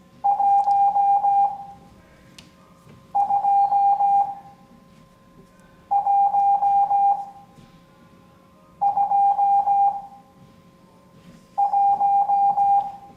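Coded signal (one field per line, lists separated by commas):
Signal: Morse code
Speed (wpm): 16 wpm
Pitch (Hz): 800 Hz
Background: none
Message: 12121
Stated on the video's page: Morse code class lesson.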